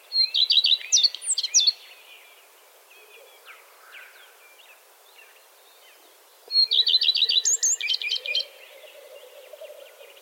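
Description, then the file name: Common redstart singing two brief phrases separated by a pause, each a quick run of clear repeated notes with a jumbled ending; soft twitters between them and a low hum after. "Gartenrotschwanz Gesang"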